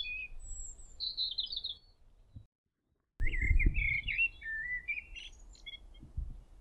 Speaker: There's a robin singing in the bush up here now.